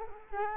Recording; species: mosquito wingbeat signal from an infrared sensor; Culex quinquefasciatus